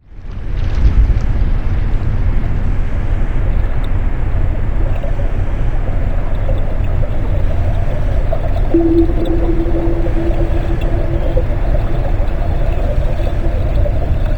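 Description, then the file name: Whale moan, a steady low tone held for about six seconds in the second half, over a constant deep rumbling wash of underwater noise. "Whale Sounds - Underwater Freedom"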